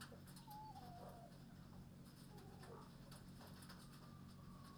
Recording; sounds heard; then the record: poultry house recording; healthy chickens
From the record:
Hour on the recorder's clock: 21